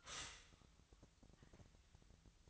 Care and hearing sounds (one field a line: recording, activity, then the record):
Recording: daily activity, microphone in the room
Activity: stop toaster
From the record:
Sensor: 3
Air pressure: 1001.9 hPa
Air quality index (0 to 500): 246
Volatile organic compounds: 50 ppm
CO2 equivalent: 3290 ppm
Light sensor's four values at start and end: 13/40/17/15 and 13/40/17/15